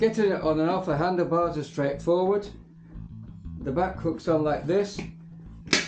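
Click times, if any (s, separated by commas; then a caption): 5.7 s. Someone talks while the back of an Ortlieb Ultimate 6 handlebar bag is hooked onto its handlebar bracket. The bag is then pushed towards the bike, and its plastic mount latches onto the bracket with a sharp click at 5.7 s, seating the bag.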